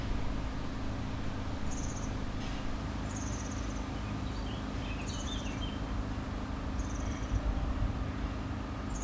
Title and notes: Allée Marcel Mailly, 73100 Aix-les-Bains, France - Serin cini. Au bord de la piste cyclable près du Sierroz un serin cini solitaire , bruits de travaux,quelques passants